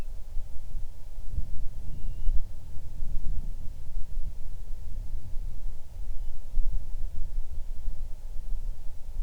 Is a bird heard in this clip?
yes